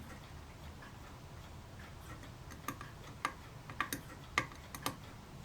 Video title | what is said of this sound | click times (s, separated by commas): The Model Ship - Part 1251 | they pretty much lock into place there but not really | 2.7 s, 3.2 s, 3.8 s, 3.9 s, 4.4 s, 4.9 s